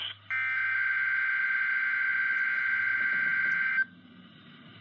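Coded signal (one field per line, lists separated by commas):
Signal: Emergency Alert System (SAME) tones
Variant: header bursts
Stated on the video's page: Weekly test received from NOAA Weather Radio station WXK65.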